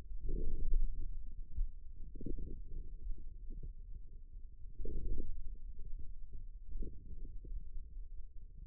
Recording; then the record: forearm muscle sounds (acoustic myography)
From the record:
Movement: ulnar deviation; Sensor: system 2, bracelet of six BSWA MPA416 microphones around the upper forearm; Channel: 3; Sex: male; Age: 22 years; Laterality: right